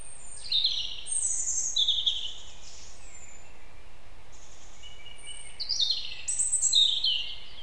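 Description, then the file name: European robin delivering sweet high warbles, a long quiet gap, then another bright tumbling phrase with sharp high notes; soft hiss throughout. "Erithacus rubecula"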